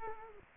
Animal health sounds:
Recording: mosquito wingbeat signal from an infrared sensor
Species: Culex quinquefasciatus

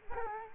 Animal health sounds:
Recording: mosquito wingbeat signal from an infrared sensor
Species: Culex quinquefasciatus

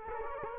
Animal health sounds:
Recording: mosquito wingbeat signal from an infrared sensor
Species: Culex quinquefasciatus

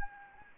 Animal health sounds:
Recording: mosquito wingbeat signal from an infrared sensor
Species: Anopheles gambiae

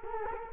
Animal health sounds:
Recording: mosquito wingbeat signal from an infrared sensor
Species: Culex quinquefasciatus

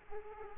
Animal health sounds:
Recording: mosquito wingbeat signal from an infrared sensor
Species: Culex quinquefasciatus

